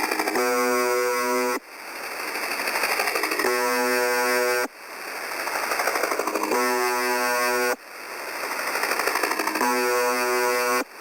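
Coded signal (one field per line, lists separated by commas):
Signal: channel marker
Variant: UVB-76 (The Buzzer)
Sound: harsh low buzz repeated about four times, each lasting over a second, with static between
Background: radio static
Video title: 4625.00 Khz - UVB 76 - MDZhb - Strange Sound - Sonido Extraño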